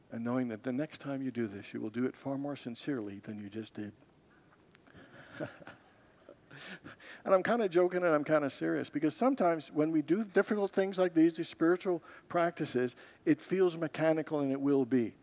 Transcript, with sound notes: And knowing that, the next time you do this, you will do it far more sincerely than you just did. [Congregants laugh] And I’m kind of joking and I’m kind of serious, because sometimes when we do different things like these — these spiritual practices — it feels mechanical, and it will be.